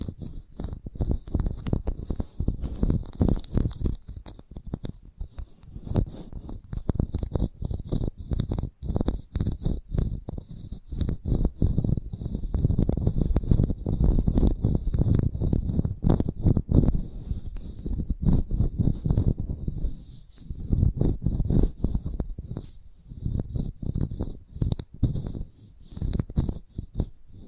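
Chalk is tapped, scratched and scraped in a dense, uneven stream of short strokes with hardly a pause for the full length. The sounds are mostly low and gritty, with a faint high hiss above, and brief gaps appear around twenty and twenty-three seconds.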